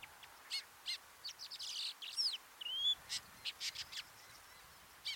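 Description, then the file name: Long-tailed shrike producing a mix of scratchy notes and a couple of clear whistled slurs, irregularly spaced over a few seconds. "Ruud van Beusekom - Dlinnohvostyj sorokoput Lanius schach"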